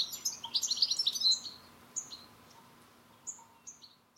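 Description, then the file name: European goldfinch calling: an opening burst of rapid, tinkling twitters, then a few scattered single chirps with pauses between them. "Carduelis carduelis"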